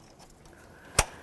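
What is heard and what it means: An electrical connector is pushed onto the next fuel injector on a 1998–2012 Ford Crown Victoria during intake manifold replacement. After a quiet stretch with a faint soft sound near 0.5 s, a sharp, bright click rings out at 1.0 s. The connector locks in and is seated.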